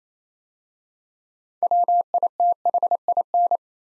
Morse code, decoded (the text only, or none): WITHIN